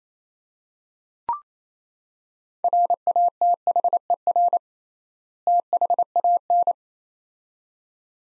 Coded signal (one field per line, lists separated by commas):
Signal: Morse code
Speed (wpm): 28 wpm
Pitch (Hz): 700 Hz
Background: none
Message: RATHER THAN